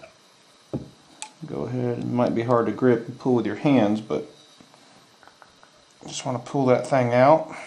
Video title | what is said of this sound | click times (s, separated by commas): Installing Orange Seal Boca Bearings on Revo STX | You'll kind of hear it snap. | 1.2 s